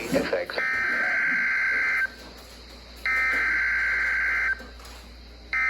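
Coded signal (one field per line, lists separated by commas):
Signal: Emergency Alert System (SAME) tones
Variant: header bursts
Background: speech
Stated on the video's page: Real, valid tones for a severe thunderstorm watch.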